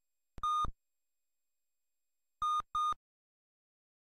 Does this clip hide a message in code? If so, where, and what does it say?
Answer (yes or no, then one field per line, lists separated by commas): no